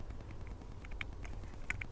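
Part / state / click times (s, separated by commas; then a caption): plastic interior trim panel clipping into the car's interior / not seated / none. A plastic interior trim panel is handled against the interior of a Mk5 Golf R32 after the LED light has been refitted and the trim clips pre-seated. Light taps and small sharp ticks sound around 1.0, 1.3, 1.7 and 1.8 seconds over a low steady rumble. Nothing has seated or clicked yet; the panel is not yet home.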